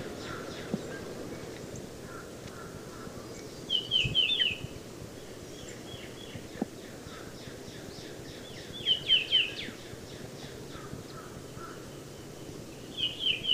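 Tufted titmouse calls: short phrases of three or four quick high notes repeated about every four to five seconds, over a constant low rumble.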